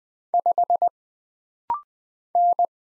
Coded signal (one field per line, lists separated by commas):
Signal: Morse code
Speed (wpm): 20 wpm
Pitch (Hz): 700 Hz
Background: none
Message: 5 N